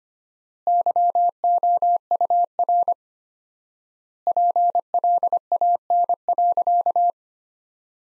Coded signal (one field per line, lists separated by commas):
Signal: Morse code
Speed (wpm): 25 wpm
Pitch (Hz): 700 Hz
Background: none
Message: YOUR PLAN.